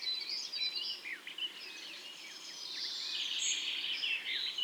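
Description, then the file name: European robin song: a steady run of high, tinkling notes with fast downward slurs. "Erithacus rubecula"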